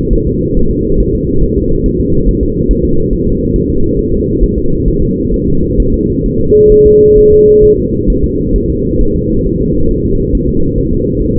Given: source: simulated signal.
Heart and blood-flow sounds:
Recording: fetal heart sounds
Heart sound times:
0.13 s: S1
0.27 s: S2
0.57 s: S1
0.71 s: S2
1.00 s: S1
1.15 s: S2
1.43 s: S1
1.58 s: S2
1.86 s: S1
2.00 s: S2
2.29 s: S1
2.43 s: S2
2.71 s: S1
2.85 s: S2
3.13 s: S1
3.27 s: S2
3.56 s: S1
3.70 s: S2
3.99 s: S1
4.14 s: S2
4.43 s: S1
4.58 s: S2
4.88 s: S1
5.02 s: S2
5.34 s: S1
5.48 s: S2
5.80 s: S1
5.94 s: S2
6.26 s: S1
6.40 s: S2
6.72 s: S1
6.86 s: S2
7.18 s: S1
7.32 s: S2
7.64 s: S1
7.78 s: S2
8.10 s: S1
8.24 s: S2
8.56 s: S1
8.70 s: S2
9.01 s: S1
9.16 s: S2
9.47 s: S1
9.61 s: S2
9.91 s: S1
10.05 s: S2
10.35 s: S1
10.49 s: S2
10.78 s: S1
10.93 s: S2
11.22 s: S1
11.36 s: S2
From the record:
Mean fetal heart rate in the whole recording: 135 bpm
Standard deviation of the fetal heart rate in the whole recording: 3 bpm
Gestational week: 36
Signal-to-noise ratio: -16.4 dB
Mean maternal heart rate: 72 bpm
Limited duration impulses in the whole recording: present

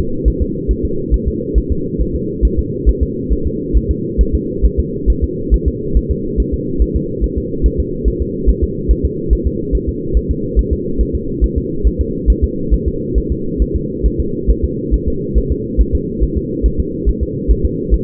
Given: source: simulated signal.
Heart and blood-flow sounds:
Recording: fetal heart sounds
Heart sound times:
0.28 s: S1
0.42 s: S2
0.71 s: S1
0.85 s: S2
1.14 s: S1
1.28 s: S2
1.58 s: S1
1.72 s: S2
2.01 s: S1
2.16 s: S2
2.45 s: S1
2.59 s: S2
2.89 s: S1
3.03 s: S2
3.33 s: S1
3.47 s: S2
3.77 s: S1
3.91 s: S2
4.21 s: S1
4.35 s: S2
4.66 s: S1
4.79 s: S2
5.10 s: S1
5.24 s: S2
5.54 s: S1
5.68 s: S2
5.97 s: S1
6.11 s: S2
6.40 s: S1
6.54 s: S2
6.82 s: S1
6.96 s: S2
7.24 s: S1
7.38 s: S2
7.66 s: S1
7.80 s: S2
8.08 s: S1
8.22 s: S2
8.50 s: S1
8.63 s: S2
8.91 s: S1
9.05 s: S2
9.33 s: S1
9.47 s: S2
9.75 s: S1
9.89 s: S2
10.17 s: S1
10.31 s: S2
10.59 s: S1
10.73 s: S2
11.01 s: S1
11.15 s: S2
11.44 s: S1
11.58 s: S2
11.87 s: S1
12.01 s: S2
12.30 s: S1
12.44 s: S2
12.74 s: S1
12.88 s: S2
13.18 s: S1
13.32 s: S2
13.62 s: S1
13.76 s: S2
14.06 s: S1
14.20 s: S2
14.50 s: S1
14.64 s: S2
14.94 s: S1
15.08 s: S2
15.38 s: S1
15.52 s: S2
15.81 s: S1
15.95 s: S2
16.23 s: S1
16.38 s: S2
16.66 s: S1
16.80 s: S2
17.09 s: S1
17.23 s: S2
17.51 s: S1
17.65 s: S2
17.94 s: S1
From the record:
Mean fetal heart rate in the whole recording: 140 bpm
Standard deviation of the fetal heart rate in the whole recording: 2 bpm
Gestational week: 34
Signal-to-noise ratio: -6.6 dB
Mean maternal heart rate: 72 bpm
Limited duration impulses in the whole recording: present

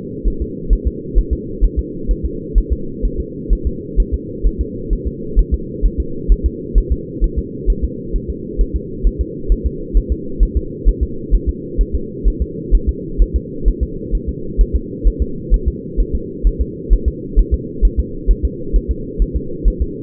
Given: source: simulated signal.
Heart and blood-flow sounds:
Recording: fetal heart sounds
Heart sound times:
0.28 s: S1
0.42 s: S2
0.73 s: S1
0.87 s: S2
1.19 s: S1
1.33 s: S2
1.65 s: S1
1.79 s: S2
2.11 s: S1
2.26 s: S2
2.58 s: S1
2.73 s: S2
3.05 s: S1
3.20 s: S2
3.53 s: S1
3.67 s: S2
4.00 s: S1
4.14 s: S2
4.47 s: S1
4.61 s: S2
4.93 s: S1
5.08 s: S2
5.39 s: S1
5.54 s: S2
5.86 s: S1
6.00 s: S2
6.32 s: S1
6.46 s: S2
6.78 s: S1
6.92 s: S2
7.24 s: S1
7.39 s: S2
7.70 s: S1
7.84 s: S2
8.16 s: S1
8.30 s: S2
8.61 s: S1
8.76 s: S2
9.07 s: S1
9.21 s: S2
9.52 s: S1
9.66 s: S2
9.97 s: S1
10.12 s: S2
10.43 s: S1
10.57 s: S2
10.89 s: S1
11.03 s: S2
11.35 s: S1
11.49 s: S2
11.81 s: S1
11.95 s: S2
12.28 s: S1
12.42 s: S2
12.75 s: S1
12.89 s: S2
13.22 s: S1
13.36 s: S2
13.68 s: S1
13.83 s: S2
14.15 s: S1
14.29 s: S2
14.61 s: S1
14.76 s: S2
15.07 s: S1
15.22 s: S2
15.54 s: S1
15.68 s: S2
16.00 s: S1
16.15 s: S2
16.47 s: S1
16.61 s: S2
16.93 s: S1
17.08 s: S2
17.39 s: S1
17.54 s: S2
17.85 s: S1
18.00 s: S2
18.31 s: S1
18.45 s: S2
18.76 s: S1
18.91 s: S2
19.22 s: S1
19.36 s: S2
19.68 s: S1
19.82 s: S2
From the record:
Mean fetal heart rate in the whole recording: 130 bpm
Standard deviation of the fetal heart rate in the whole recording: 2 bpm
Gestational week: 36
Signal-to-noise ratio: -4.3 dB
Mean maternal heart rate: 72 bpm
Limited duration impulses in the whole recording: absent

